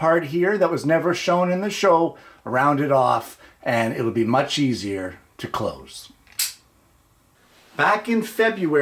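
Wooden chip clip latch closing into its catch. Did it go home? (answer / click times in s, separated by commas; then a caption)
yes / 6.4 s. Someone talks, then a handmade wooden chip clip is pushed closed in a quiet pause and its catch rides up the newly rounded chamfer. It snaps into the catch with a sharp click at 6.4 s and is seated. The rounded chamfer makes it take just a little push to close.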